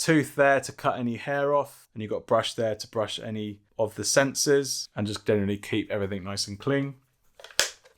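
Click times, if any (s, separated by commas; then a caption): 7.6 s. Someone talks, then a small plastic cleaning tool with a hair-cutting edge and brush is pushed back into its storage slot in the plastic body of a Eufy RoboVac X8 robot vacuum. A few faint taps come just before a sharp snap at 7.6 s as it seats and stays put.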